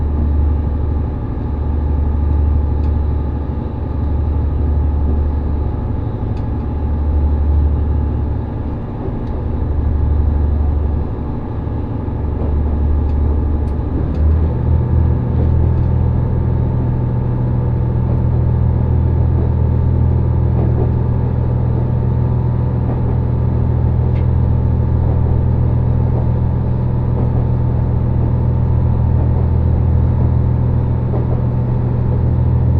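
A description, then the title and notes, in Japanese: Onboard the Resort Shirakami 4 on the Gonō Line between Fukaura and Iwadate, a steady low rumble and engine drone fill the whole recording. The low throb pulses unevenly in the first half, then smooths out after about fifteen seconds, with faint ticks and clicks scattered throughout. 五能線 深浦→岩館 リゾートしらかみ4号。深浦を出ると再び日本海を高い位置から眺めながら走っていきます。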